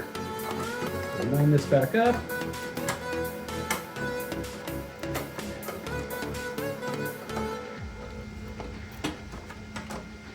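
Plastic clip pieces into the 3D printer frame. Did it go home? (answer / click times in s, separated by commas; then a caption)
no / none. Small plastic clip pieces are lined up and pressed toward the frame of a Bambu Lab A1 3D printer while music plays and someone talks, with short handling taps throughout. Nothing has seated or clicked into place yet.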